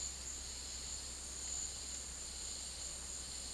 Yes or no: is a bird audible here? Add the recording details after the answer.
no. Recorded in secondary vegetation near Puerto Asís, Putumayo, Colombia, on 19 February 2024 at 11:30. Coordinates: 0.481, -76.323. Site G6376